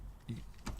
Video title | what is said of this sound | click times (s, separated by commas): PDR Tool Review XL Door Jammer ( Derek Yost Version) | hear a little click and | 0.7 s